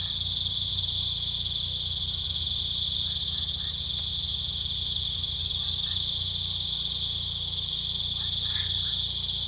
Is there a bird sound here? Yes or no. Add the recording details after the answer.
no. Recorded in pastures near Puerto Asís, Putumayo, Colombia, on 18 December 2024 at 19:00. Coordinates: 0.472, -76.331. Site GP02